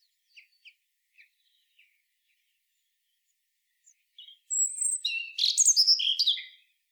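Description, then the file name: European robin song: several soft, spaced high ticks over four seconds, then a loud, rich, high tinkling warble for about two seconds. "Erithacus rubecula"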